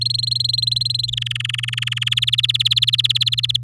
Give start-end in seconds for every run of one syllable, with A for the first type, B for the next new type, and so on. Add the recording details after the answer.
0.01-1.10 A, 1.12-2.09 B, 2.11-3.57 C. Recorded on 11 May 2018 at 08:46. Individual llb16